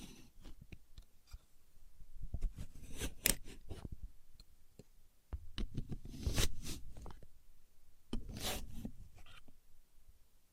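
A contour gauge is handled, its pins making rubbing, raspy scraping sounds in bursts. Clusters of small clicks and scratches build around 2–4, 5.5–7 and 8–9.5 seconds, with sharp bright taps at the peaks and near quiet between bursts.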